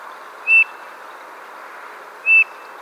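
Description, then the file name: Eurasian bullfinch, two soft, pure piping whistles, each short and level, nearly two seconds apart. "Pyrrhula pyrrhula"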